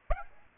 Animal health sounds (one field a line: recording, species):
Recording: mosquito wingbeat signal from an infrared sensor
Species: Aedes aegypti